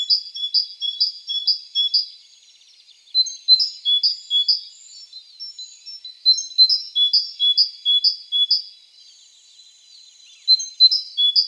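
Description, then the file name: Great tit calling in several bursts of quick, ringing two-note phrases, high then lower, separated by brief quieter gaps with soft background chirps. "Parus major"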